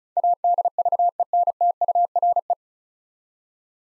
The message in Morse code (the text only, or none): ADVENTURE